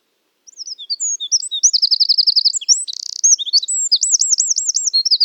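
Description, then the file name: Eurasian wren singing a rapid, high-pitched jumble of sharp notes, a quick trill, a short buzz and rolling looped phrases, continuing to the end. "Troglodytes troglodytes"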